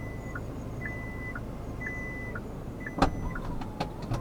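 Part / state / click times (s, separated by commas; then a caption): tailgate latch into the car body striker / seated / 3.0 s. On a new Santa Fe, the interior trunk button is held down until the power tailgate closes, and a repeating two-tone warning chime sounds throughout the closing travel. The metal tailgate latch catches into the car body striker with a sharp click at 3.0 s, confirming the tailgate is latched shut, followed by a few lighter ticks.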